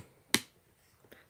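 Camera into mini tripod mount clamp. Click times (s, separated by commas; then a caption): 0.3 s. A small camera is slid into the clamp mount of a mini flexible tripod and snaps into place. There is one sharp, bright click at 0.4 s, followed by a faint softer tick near 1.1 s. The camera is seated.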